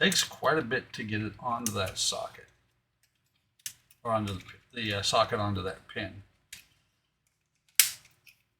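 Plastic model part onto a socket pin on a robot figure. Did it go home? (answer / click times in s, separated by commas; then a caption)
yes / 7.8 s. Someone talks while pressing a plastic part of a Fanhome Optimus Prime scale model robot (stage 44) onto a socket pin, with a few faint taps before a sharp snap at 7.8 s. The part snaps in place on the pin, the only one to do so, while the others only sit in place.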